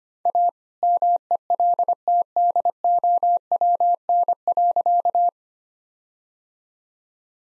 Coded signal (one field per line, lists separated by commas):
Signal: Morse code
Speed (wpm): 25 wpm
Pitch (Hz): 700 Hz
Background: none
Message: A MELTDOWN.